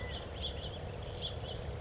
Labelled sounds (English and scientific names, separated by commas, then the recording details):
California Quail (Callipepla californica)
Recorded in Sonoma County, California